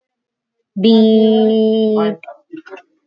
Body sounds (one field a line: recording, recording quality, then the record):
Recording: sustained vowel as in beet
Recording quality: excellent, no background noise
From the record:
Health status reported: COVID-19 positive, no symptoms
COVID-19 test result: positive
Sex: female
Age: 36 years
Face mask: not worn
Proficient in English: yes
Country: India